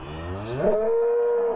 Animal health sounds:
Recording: contact call of a hoofed animal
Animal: cattle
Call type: low-frequency (closed-mouth) or high-frequency (open-mouth) call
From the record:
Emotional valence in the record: negative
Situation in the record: full separation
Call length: 1.56 s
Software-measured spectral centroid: 960 Hz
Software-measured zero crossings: 1110 a second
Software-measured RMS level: -23 dBFS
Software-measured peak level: -10 dBFS

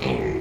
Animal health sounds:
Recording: contact call of a hoofed animal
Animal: pig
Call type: closed-mouth grunt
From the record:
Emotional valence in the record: positive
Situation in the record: food and toys in familiar pen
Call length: 0.41 s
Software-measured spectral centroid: 1660 Hz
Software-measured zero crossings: 1340 a second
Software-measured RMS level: -24 dBFS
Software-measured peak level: -12 dBFS

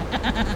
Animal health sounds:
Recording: contact call of a hoofed animal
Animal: goat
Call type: low-frequency (closed-mouth) or high-frequency (open-mouth) call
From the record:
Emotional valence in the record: negative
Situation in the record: short social isolation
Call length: 0.56 s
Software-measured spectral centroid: 2010 Hz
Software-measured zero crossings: 1530 a second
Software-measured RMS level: -24 dBFS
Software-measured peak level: -10 dBFS

